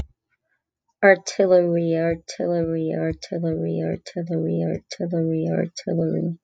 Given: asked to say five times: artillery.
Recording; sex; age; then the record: repeated word; female; 40 to 49 years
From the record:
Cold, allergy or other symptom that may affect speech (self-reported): no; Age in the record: 48 years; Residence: Illinois, United States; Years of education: 13